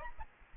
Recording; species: mosquito wingbeat signal from an infrared sensor; Aedes albopictus